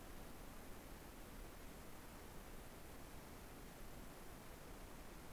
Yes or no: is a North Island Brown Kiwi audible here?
no